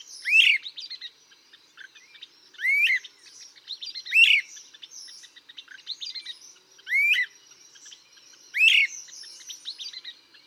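Great crested flycatcher: five emphatic upward-sweeping whistles spaced a couple of seconds apart, a busy wash of faint high ticking underneath.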